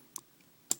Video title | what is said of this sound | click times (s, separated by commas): Transformers: United - FRENZY and RUMBLE | They will lock into place | 0.7 s